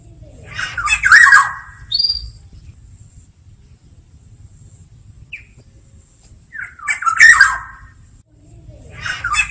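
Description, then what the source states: Black-naped oriole calls: grating, nasal squawks with a bent tonal core, spaced about six seconds apart, a few short thin notes in the gaps, faint steady hum. Black-naped oriole in active full song in the 'ngeplong' style, recorded as a training and therapy track for birdkeepers.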